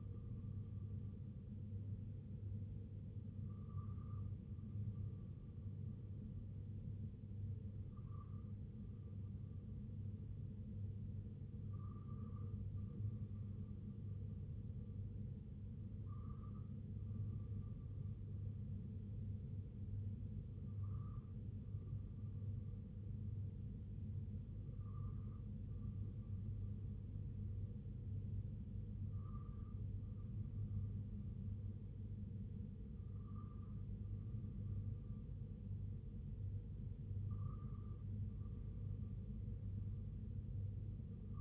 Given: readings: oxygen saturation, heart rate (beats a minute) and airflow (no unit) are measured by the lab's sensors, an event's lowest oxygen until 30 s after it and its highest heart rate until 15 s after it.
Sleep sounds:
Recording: breathing in sleep by a smartphone at the bedside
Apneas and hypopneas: none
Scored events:
none scored
From the record:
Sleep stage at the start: N2 (light sleep)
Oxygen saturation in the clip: 94 to 95%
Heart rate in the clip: 61 to 66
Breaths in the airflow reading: 9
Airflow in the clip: -2.6 to 1.5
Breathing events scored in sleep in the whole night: 258 in 7.4 hours asleep

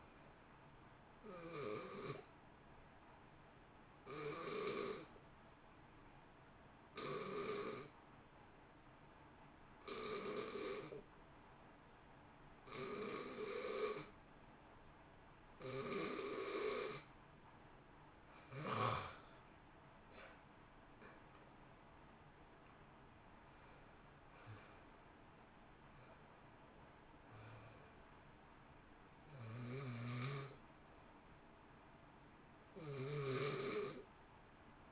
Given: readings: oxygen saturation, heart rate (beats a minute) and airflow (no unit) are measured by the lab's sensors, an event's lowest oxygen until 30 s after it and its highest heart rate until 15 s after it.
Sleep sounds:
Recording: breathing in sleep by a voice recorder at the bedside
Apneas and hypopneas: 1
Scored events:
4.00-20.90 s: hypopnea (N2, oxygen 92% highest, then 86% lowest, heart rate 62 at the start, 71 highest)
18.00-34.92 s: new sleep stage, N1 (lightest sleep)
From the record:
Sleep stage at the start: N2 (light sleep)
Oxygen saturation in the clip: 88 to 92%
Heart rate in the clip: 57 to 71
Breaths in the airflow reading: 9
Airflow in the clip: -1.4 to 2.3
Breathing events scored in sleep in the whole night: 328 in 6.3 hours asleep

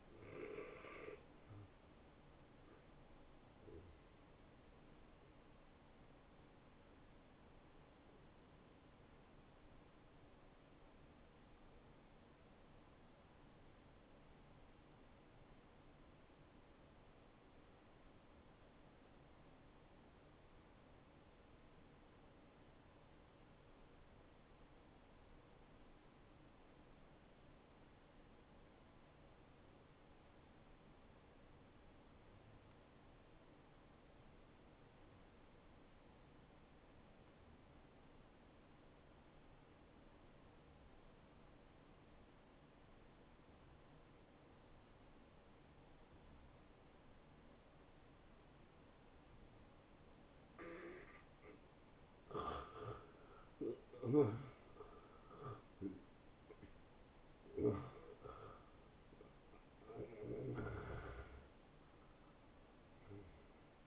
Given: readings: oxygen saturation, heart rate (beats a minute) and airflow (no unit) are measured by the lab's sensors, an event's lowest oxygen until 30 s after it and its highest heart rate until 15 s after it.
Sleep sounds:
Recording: breathing in sleep by a voice recorder at the bedside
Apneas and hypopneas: 1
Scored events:
6.00-52.60 s: hypopnea (N2, oxygen 94% highest, then 81% lowest, heart rate 80 at the start, 86 highest)
From the record:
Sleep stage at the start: N2 (light sleep)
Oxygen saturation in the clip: 85 to 94%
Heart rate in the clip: 71 to 86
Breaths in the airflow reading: 7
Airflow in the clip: -12.0 to 10.1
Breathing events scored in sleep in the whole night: 263 in 5.5 hours asleep

